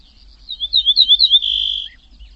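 Bird calling with a quick run of high, warbled chirps that ends in a steady buzzy trill lasting about half a second.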